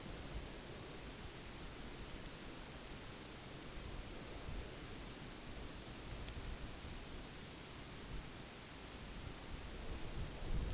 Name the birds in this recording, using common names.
none